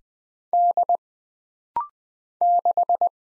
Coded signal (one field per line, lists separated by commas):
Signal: Morse code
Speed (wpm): 20 wpm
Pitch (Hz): 700 Hz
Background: none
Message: D 6